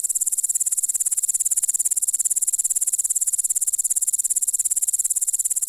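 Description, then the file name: Grasshopper stridulation: an unbroken, very high, rapidly pulsing buzz with an even rhythm throughout. "кузнечик - звуки насекомых"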